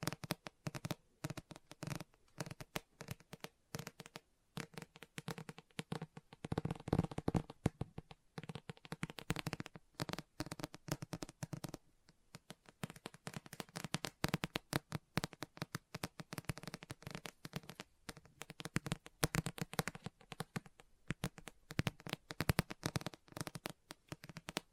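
Rapid, irregular tapping and scratching on a book fills the whole stretch, dense dry clicks with brief pauses near the eighth and twelfth seconds.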